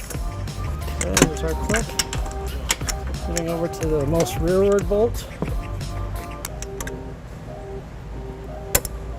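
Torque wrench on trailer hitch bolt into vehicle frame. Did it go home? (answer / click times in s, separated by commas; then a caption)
yes / 8.7 s. A torque wrench set to 60 ft-lb, with an 11/16 socket on a 5-inch extension, tightens the rearmost trailer hitch bolt into the frame of a 2020 Kia Sorento. Music plays while someone talks. The wrench gives a sharp click at 8.8 s, confirming the bolt has reached torque.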